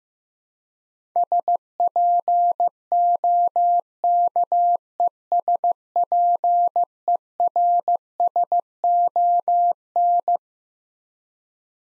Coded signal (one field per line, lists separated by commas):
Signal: Morse code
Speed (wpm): 15 wpm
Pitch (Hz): 700 Hz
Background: none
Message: SPOKESPERSON